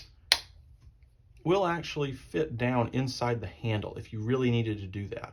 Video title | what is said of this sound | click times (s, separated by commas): KLEIN discontinued my favorite ratcheting screwdriver! But, I found a better one from LENOX! | it doesn't click in all the way so it doesn't quite fully Engage The Ball detent | 0.3 s